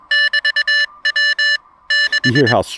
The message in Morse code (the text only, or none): <BT>W 6